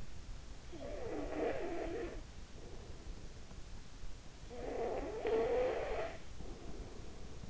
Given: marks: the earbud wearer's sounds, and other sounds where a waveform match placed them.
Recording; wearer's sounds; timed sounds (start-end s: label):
sounds in sleep by an in-ear microphone; snoring breath
0.29-2.83 s: snoring breath
4.13-7.50 s: snoring breath